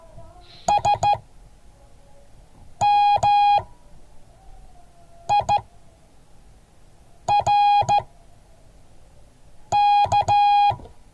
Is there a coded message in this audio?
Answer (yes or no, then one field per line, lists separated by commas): yes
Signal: Morse code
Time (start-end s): 0.7-10.7 s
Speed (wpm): 14 wpm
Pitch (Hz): 820 Hz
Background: none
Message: SMIRK